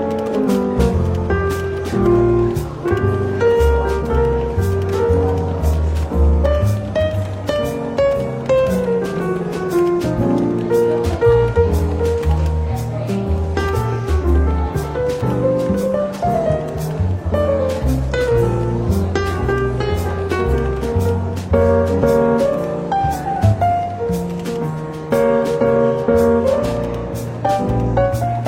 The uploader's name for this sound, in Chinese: 伦敦书店咖啡馆轻微喧闹氛围与柔和轻松的爵士背景音乐